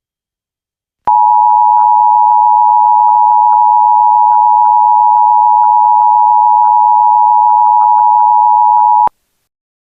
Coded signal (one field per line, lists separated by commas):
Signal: Emergency Alert System (SAME) tones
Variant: 853 and 960 Hz attention tone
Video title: EAS - Amber Alert during Kick Buttowski: Suburban Daredevil (August 6th, 2025, Jones XD Minnesota)